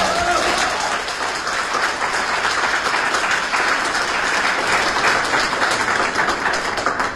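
An audience applauds steadily for about seven seconds after a 75-year-old performer recites a passage from Romance of the Three Kingdoms, a dense, even wash of many hands clapping at a fairly loud, unchanging level with no voices over it.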